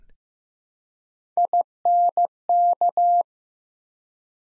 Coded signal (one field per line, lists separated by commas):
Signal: Morse code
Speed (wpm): 15 wpm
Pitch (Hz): 700 Hz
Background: none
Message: INK